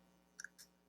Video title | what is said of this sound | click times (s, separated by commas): Brave Fighter of Sun Fighbird - Draias | that will just simply snap into place | 0.4 s